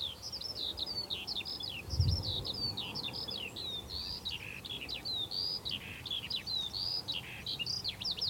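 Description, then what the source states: Eurasian skylark song pours out nonstop: fast chirping trills and slurred whistled phrases, over a steady low rumble with one brief low burst. Many skylarks on a hilltop in West Dorset on a chilly April morning.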